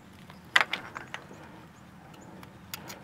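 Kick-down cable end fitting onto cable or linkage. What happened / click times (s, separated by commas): The cable end piece snapped into place / 0.6 s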